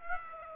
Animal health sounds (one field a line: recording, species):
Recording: mosquito wingbeat signal from an infrared sensor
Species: Aedes aegypti